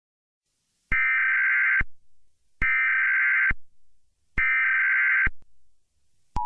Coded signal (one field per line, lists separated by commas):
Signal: Emergency Alert System (SAME) tones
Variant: header bursts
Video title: Darwin screaming on mic EAS Meme